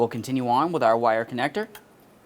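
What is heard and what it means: A wiring harness electrical connector is handled for pushing onto a new EGR valve on a 2006–2011 Honda Civic while someone talks, then the sound fades to near silence. Nothing has seated or clicked yet; the connector has not gone home.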